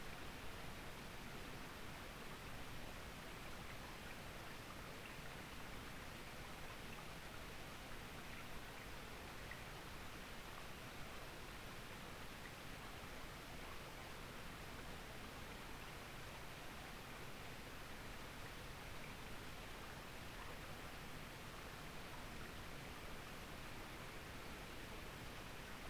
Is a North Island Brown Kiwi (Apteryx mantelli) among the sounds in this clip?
no